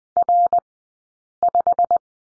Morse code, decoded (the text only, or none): R5